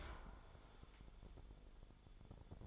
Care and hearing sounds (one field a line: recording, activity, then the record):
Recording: daily activity, microphone in the room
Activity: open dishwasher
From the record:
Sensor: 5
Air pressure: 1015.0 hPa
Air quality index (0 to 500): 165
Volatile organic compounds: 5 ppm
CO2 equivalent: 1784 ppm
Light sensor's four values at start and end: 37/85/34/35 and 38/91/37/40